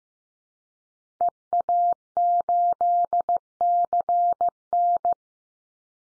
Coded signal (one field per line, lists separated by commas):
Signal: Morse code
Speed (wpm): 15 wpm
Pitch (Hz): 700 Hz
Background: none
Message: EA8CN